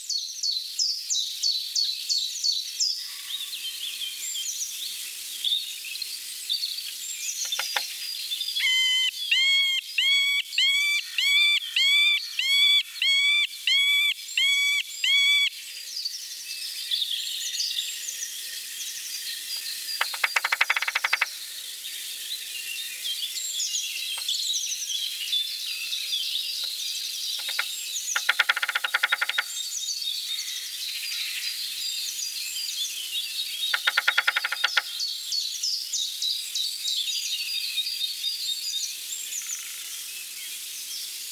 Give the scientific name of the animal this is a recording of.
Dendrocopos medius